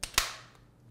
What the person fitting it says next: And ya hear that pop into place.